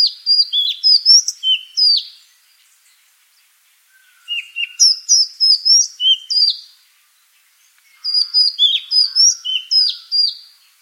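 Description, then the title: Madagascar magpie-robin song made of three rapid bursts of bright whistles and chirps, with quieter gaps between the phrases. "suara burung kacer madagaskar"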